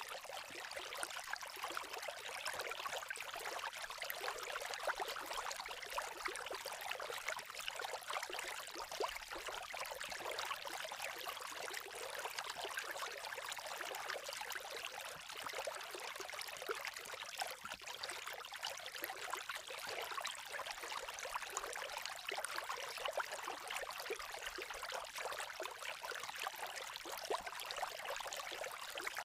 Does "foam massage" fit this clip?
no